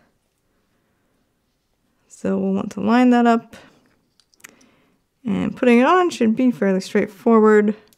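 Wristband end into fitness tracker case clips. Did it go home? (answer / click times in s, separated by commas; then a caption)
no / none. A wristband end is lined up with the side clips of a black Fitbit Inspire 3 (Midnight Zen) fitness tracker case while someone talks. A few faint, short handling ticks fall in the pause between about 3.9 and 4.6 seconds. Nothing has seated or clicked yet.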